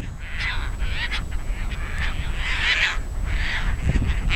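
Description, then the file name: Caspian tern giving hoarse, grating calls repeated at short intervals, over a steady low rumble. "Hydroprogne caspia"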